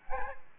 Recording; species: mosquito wingbeat signal from an infrared sensor; Aedes albopictus